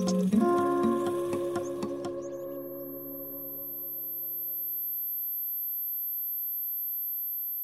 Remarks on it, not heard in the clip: That obnoxious ringing sound? I found that on a website that simulates tinnitus, ringing in the ears. That's the most common disability that veterans have when they leave the military. Most jobs in the military expose you to loud noises.